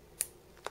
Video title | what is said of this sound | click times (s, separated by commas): Seidio Convert Case for the iPhone 4 & Seidio Active Case for the iPad 2 | next Slide the bottom piece in until it clicks into place | 0.2 s